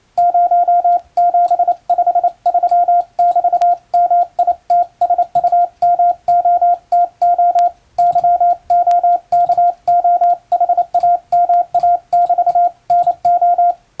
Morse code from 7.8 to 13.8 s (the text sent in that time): YOKOHAMA<BT>NO